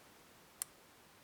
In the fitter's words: There's a click.